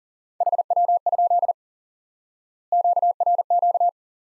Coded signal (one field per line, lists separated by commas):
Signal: Morse code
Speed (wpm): 40 wpm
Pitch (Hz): 700 Hz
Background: none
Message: HW? QRQ